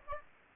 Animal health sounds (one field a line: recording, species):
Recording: mosquito wingbeat signal from an infrared sensor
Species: Aedes aegypti